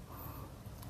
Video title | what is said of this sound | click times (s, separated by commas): วิธีติดตั้งหลอดไฟหน้ารถยนต์ ขั้ว H4 | เราล็อคกลับเรียบร้อยแล้วนะครับ | 0.8 s